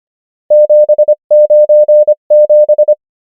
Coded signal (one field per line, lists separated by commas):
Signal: Morse code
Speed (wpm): 25 wpm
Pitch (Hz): 600 Hz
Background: none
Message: 7 9 7